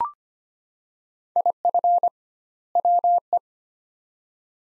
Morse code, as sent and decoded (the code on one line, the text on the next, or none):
.. ..-. / .-- .
IF WE